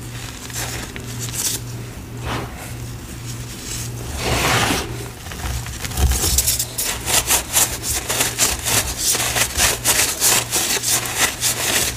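Sifting and mixing of green cornstarch and gym chalk powder, heard as soft, gritty scraping and rubbing strokes. The first half is looser, with occasional brighter swishes; after about six seconds the strokes turn quick and regular, several per second. A steady low hum runs underneath throughout.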